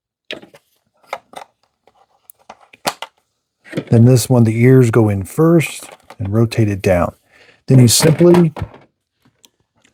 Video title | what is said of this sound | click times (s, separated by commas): Roborock Qrevo CurvX Robot Vacuum & Mop Deep Dive - Real-World Results & How to Keep It Like New | These things just snap into place. | 0.3 s